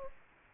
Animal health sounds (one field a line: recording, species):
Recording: mosquito wingbeat signal from an infrared sensor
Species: Anopheles gambiae